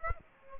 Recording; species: mosquito wingbeat signal from an infrared sensor; Aedes aegypti